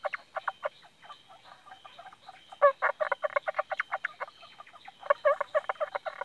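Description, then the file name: Indian bronzed frog giving irregular bursts of short, knocking pulses, louder clusters from the middle onward, with a faint steady tone above. "Indosylvirana temporalis"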